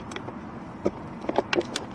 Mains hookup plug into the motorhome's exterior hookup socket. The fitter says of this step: line it up push it into lip clicks and now you're hooked up